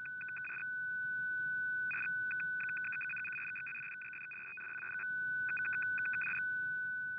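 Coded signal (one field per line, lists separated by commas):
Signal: numbers station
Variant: F06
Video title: F06 14356kHz 15:40UTC - Digital Number Station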